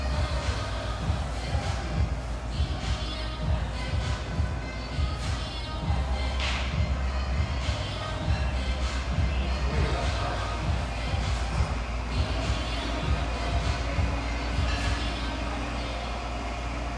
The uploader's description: lively chatter from this spacious, vivacious tea room in the North End of Boise